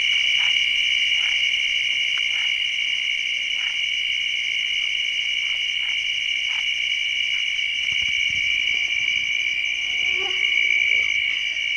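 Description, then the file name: Crickets trilling in a steady, continuous high-pitched chorus, with faint scattered clicks and ticks beneath. Guadiamar, 16 June 2006. "20060616 Crickets Guadiamar"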